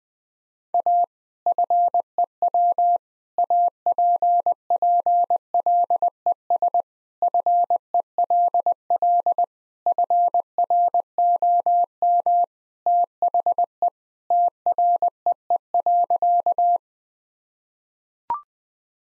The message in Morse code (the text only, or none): A FEW APPLES FELL FROM THE TREE.